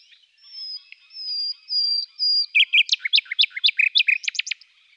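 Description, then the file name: Common nightingale song: four drawn-out plaintive whistles slowly swelling, followed by a loud, rapid run of hard clicking notes. "Fülemülék"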